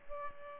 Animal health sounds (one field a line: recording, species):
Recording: mosquito wingbeat signal from an infrared sensor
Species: Culex pipiens